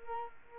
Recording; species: mosquito wingbeat signal from an infrared sensor; Culex quinquefasciatus